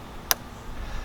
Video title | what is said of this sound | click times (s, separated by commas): How to change your engine air filter on a 2019 Chevrolet Silverado | we'll come back with our mass airflow sensor connector we'll plug it back in till we hear an audible click | 0.3 s